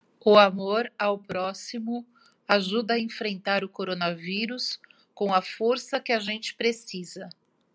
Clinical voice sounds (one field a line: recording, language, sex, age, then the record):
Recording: spoken sentence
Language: Brazilian Portuguese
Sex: female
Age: 50 to 59 years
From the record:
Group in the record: control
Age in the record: 50 years